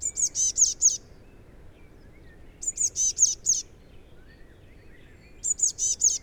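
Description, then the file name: Eurasian blue tit calls: bursts of four or five very high, thin, buzzy notes, repeated about every two and a half seconds. "Cyanistes caeruleus"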